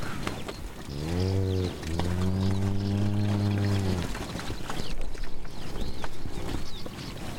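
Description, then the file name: Cattle: cow mooing: a brief low call, then a sustained, slightly rising and falling moo lasting about two seconds, with soft rustling after. Meadow with grazing cattle. "ATMO Wiese mit Weidetieren Rinder"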